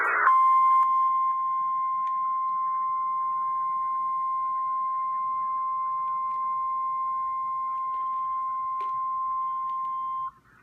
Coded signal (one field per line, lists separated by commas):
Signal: Emergency Alert System (SAME) tones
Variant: 1050 Hz attention tone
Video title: (EAS) Tornado Warning on Live Stream